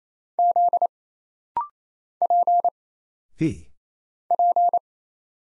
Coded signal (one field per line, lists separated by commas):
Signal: Morse code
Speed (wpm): 27 wpm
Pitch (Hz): 700 Hz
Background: none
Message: Z P P